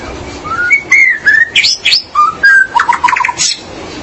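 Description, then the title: Magpie-robin or shama song: clear whistled phrases sliding up and down, with short rising sweeps and a quick stuttered trill of repeated notes near the end. "BM Suara Burung Murai"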